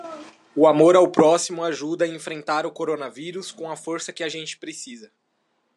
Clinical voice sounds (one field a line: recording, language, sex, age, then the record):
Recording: spoken sentence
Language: Brazilian Portuguese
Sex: male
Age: 20 to 29 years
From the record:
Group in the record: control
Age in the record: 27 years